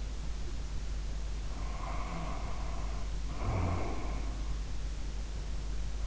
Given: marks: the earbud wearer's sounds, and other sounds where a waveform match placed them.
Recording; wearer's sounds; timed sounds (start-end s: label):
sounds in sleep by an in-ear microphone; snoring breath
1.43-4.70 s: snoring breath